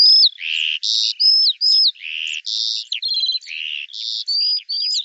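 Eurasian skylark song of alternating rough buzzy bursts and thin high whistled slurs, repeated in a loose cycle.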